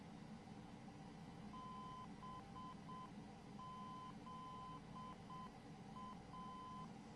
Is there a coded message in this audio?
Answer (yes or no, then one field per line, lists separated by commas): yes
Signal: Morse code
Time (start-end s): 1.5-6.9 s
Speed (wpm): 7 wpm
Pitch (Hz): 1020 Hz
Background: none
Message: BZA